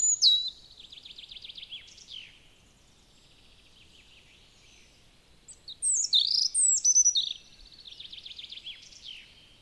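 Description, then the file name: European robin song in two phrases: a falling start into a fast rattling trill, a pause, then a louder high phrase of sharp downslurred notes and trills. "Erithacus rubecula"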